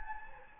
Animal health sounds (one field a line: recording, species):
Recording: mosquito wingbeat signal from an infrared sensor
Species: Anopheles gambiae